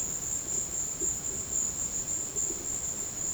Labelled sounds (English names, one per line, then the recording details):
none
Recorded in secondary vegetation near Puerto Asís, Putumayo, Colombia, on 24 March 2025 at 14:00
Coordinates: 0.488, -76.319
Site G095